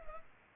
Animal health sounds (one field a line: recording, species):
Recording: mosquito wingbeat signal from an infrared sensor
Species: Culex pipiens